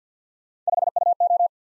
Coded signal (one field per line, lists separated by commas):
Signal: Morse code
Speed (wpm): 53 wpm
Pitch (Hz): 700 Hz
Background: none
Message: 5UO